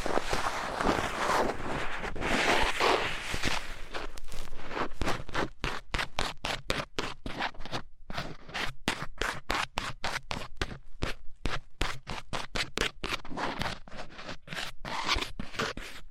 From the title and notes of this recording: ASMR Fast & Intense Ear Cleaning 3Dio (No Talking).